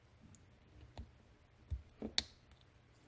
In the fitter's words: and i just heard it click and